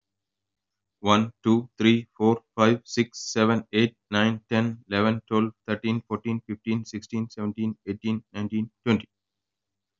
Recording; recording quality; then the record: counting at a fast pace; excellent, no background noise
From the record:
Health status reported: healthy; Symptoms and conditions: none ticked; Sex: male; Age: 40 years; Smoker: not ticked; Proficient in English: yes